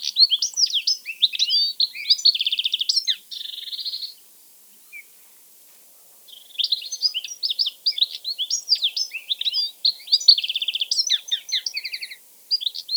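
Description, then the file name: European goldfinch song, long runs of liquid tinkling twitters and nasal buzzy trills, broken by a pause of about two and a half seconds before the chattering continues. "Carduelis carduelis"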